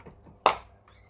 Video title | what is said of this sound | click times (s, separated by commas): Smeg kettle lid fix | just give a little click you want to drag around and that will just pop apart | 0.5 s